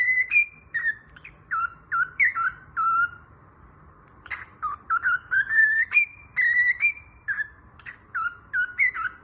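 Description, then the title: Cockatiel whistling a rapid, varied melody of swooping tonal notes, nearly continuous with one short break. Several cockatiels singing, whistled song. "Calopsitas Cantando Assobio"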